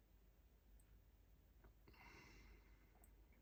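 A plastic 1/48 scale cockpit part is pushed and handled into a Supermarine Spitfire Mk1a scale model aircraft assembly, giving soft clicking, scraping and rustling sounds with a brief brighter scrape around 1.9–2.5 s. Nothing has seated or clicked into place yet; the part is not home by the end of the clip.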